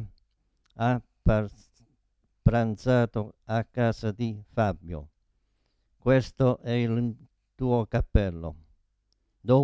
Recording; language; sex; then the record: read phrases; Italian; male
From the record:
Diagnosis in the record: Parkinson's disease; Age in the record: 72 years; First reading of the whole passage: 118 s, 4.4 characters per second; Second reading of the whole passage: 99 s, 5.2 characters per second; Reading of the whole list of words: 88 s, 3.2 characters per second